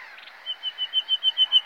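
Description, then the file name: Common nightingale sings a run of eight pure whistled notes, evenly spaced and growing steadily louder. "Luscinia megarhynchos"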